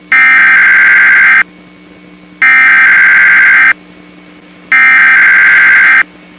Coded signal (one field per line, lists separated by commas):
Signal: Emergency Alert System (SAME) tones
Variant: header bursts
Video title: (RARE!) NOAA EAS EVACUATION IMMEDIATE 1/31/21